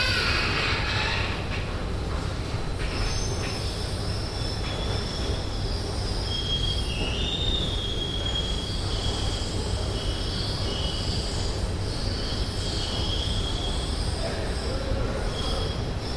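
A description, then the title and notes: A creaking escalator runs steadily with a dense low rumble, high thin squeals rising and bending throughout, and a sharper squeal near seven seconds. Creaking Escalator Parking Grote Markt, Den Haag. Een krakende roltrap.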